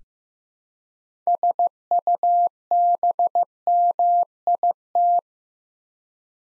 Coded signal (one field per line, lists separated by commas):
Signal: Morse code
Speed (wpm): 15 wpm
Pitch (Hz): 700 Hz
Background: none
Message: SUBMIT